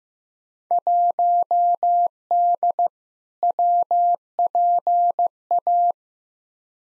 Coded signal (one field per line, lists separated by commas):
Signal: Morse code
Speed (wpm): 15 wpm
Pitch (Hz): 700 Hz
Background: none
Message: 1D WPA